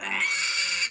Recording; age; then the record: pig call; piglet (1 to 25 days)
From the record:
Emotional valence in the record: negative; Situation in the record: restrain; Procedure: sham castration, fixation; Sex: male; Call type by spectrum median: high-frequency call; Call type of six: mixed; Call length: 0.91 s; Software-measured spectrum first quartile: 2253 Hz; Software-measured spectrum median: 3331 Hz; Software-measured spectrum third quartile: 5524 Hz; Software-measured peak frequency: 2268 Hz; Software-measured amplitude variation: 121 dB a second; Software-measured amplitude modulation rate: 20.4 a second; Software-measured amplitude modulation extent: 5.9 dB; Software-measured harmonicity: 3.9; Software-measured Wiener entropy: -2.27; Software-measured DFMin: 629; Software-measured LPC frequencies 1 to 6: 1149, 2253, 2714, 3625, 4616, 5700 Hz